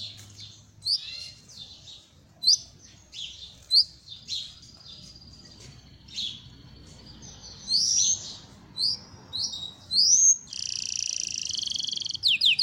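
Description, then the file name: Belgian canary song: scattered sharp chirps and whistles, growing louder, with a loud buzzy roll near the end. Copper-coloured Belgian canary singing. "canto do canario belga cobre"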